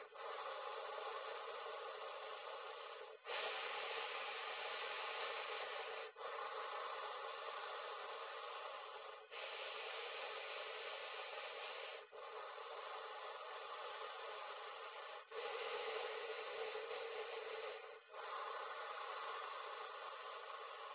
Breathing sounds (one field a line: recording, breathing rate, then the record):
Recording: paced breathing near a phone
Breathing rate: 10 breaths a minute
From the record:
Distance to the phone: 20 cm